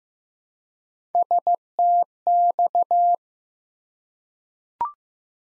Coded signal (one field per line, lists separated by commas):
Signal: Morse code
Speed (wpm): 15 wpm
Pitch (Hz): 700 Hz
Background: none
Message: STX